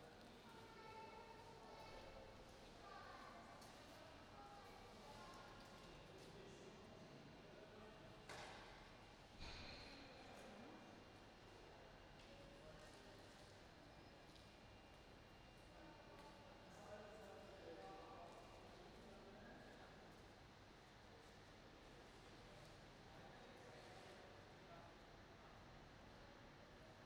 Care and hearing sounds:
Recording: everyday scene through a hearing-aid microphone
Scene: reverberant space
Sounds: background noise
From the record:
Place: railway station hall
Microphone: in the ear canal, right

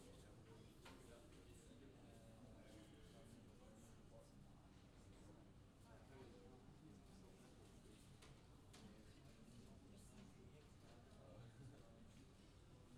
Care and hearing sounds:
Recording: everyday scene through a hearing-aid microphone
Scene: many people talking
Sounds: many voices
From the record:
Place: university cafeteria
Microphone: in the ear canal, left

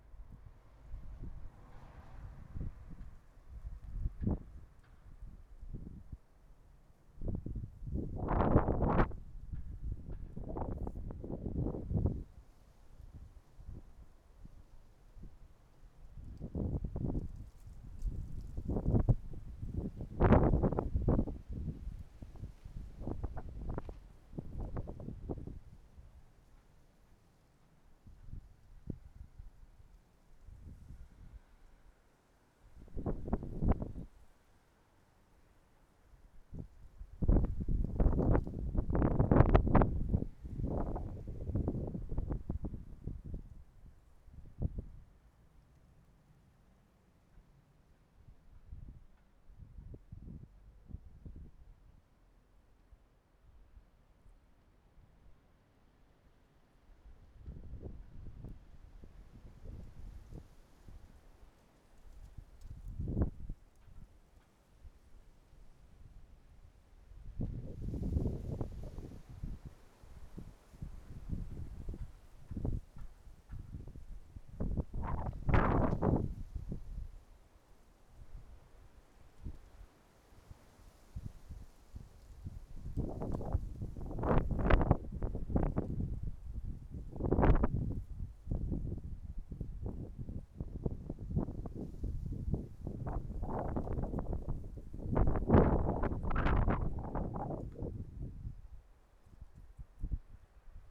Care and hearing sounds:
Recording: everyday scene through a hearing-aid microphone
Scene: wind on the microphone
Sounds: wind, traffic, birds, plane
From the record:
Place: suburban garden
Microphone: behind the ear, right, front

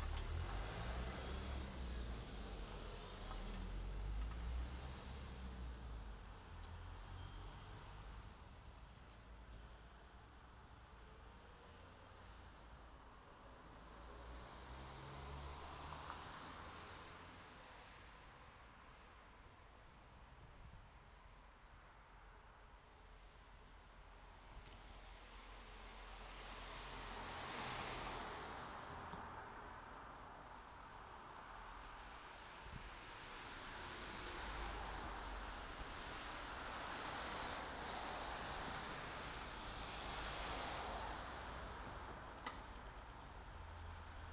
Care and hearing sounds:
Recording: everyday scene through a hearing-aid microphone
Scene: in traffic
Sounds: traffic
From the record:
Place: city secondary road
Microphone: in the ear canal, right

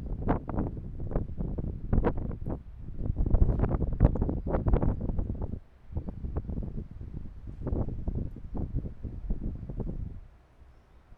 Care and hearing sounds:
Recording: everyday scene through a hearing-aid microphone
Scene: wind on the microphone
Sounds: squally wind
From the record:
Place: parking lot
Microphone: behind the ear, right, rear

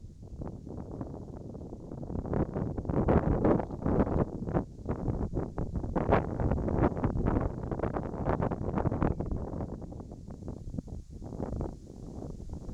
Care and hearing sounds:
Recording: everyday scene through a hearing-aid microphone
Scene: wind on the microphone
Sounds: wind, whistling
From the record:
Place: in front of a rural house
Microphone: in the ear canal, right

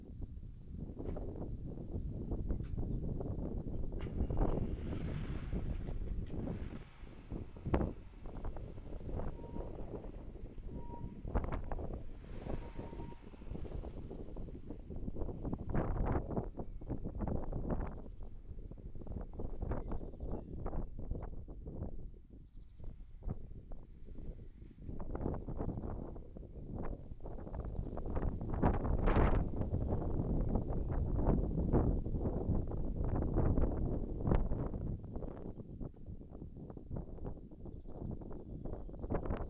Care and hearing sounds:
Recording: everyday scene through a hearing-aid microphone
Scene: wind on the microphone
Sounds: wind, vehicle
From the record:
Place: in front of a rural house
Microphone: behind the ear, left, front

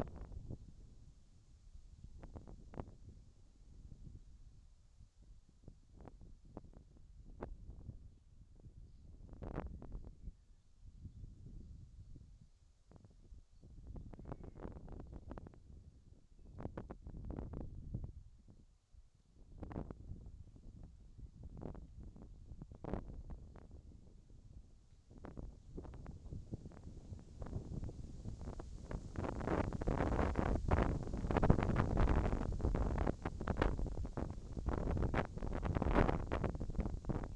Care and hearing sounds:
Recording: everyday scene through a hearing-aid microphone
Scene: wind on the microphone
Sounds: wind, whistling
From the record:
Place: in front of a rural house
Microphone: in the ear canal, left

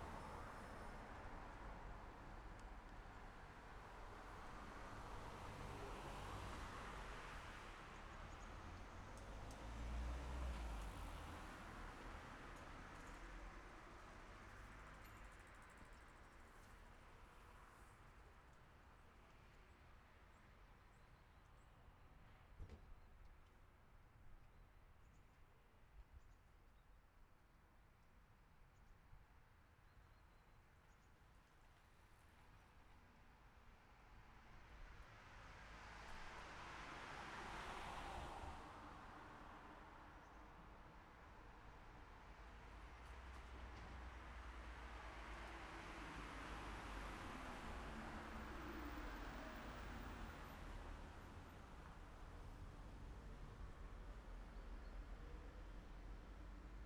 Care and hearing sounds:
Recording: everyday scene through a hearing-aid microphone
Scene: in traffic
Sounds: traffic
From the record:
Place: city secondary road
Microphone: behind the ear, left, rear

